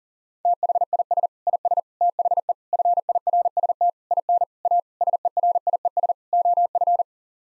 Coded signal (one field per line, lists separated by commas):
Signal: Morse code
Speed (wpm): 40 wpm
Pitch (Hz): 700 Hz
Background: none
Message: THIS IS THE FIRST IN A SERIES OF